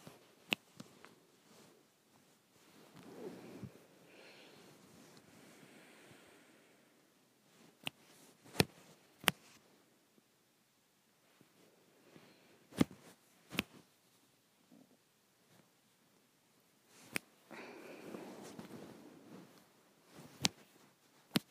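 Sharp finger snaps crack out one at a time, scattered irregularly, often in quick pairs near 8–9 and 13 seconds. Between them it's quiet, with soft whooshing rustles swelling around 3–4 and 18–19 seconds.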